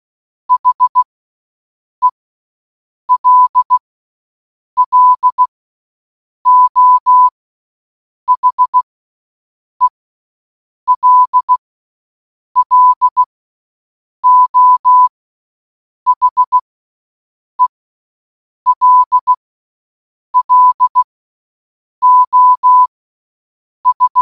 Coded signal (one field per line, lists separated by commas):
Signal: Morse code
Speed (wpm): 16 wpm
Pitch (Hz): 1000 Hz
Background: none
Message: HELLO HELLO HELLO S